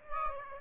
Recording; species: mosquito wingbeat signal from an infrared sensor; Aedes aegypti